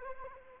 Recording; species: mosquito wingbeat signal from an infrared sensor; Anopheles arabiensis